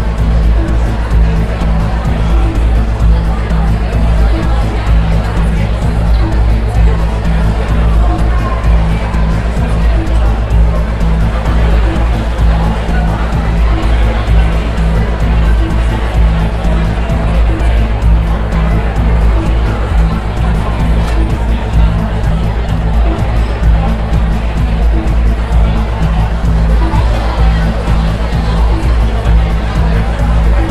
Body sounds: background sound without coughing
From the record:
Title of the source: Party Noise 1 Hour Party Ambience

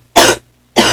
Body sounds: coughing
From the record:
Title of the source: 61 morning phlegmy cough...again

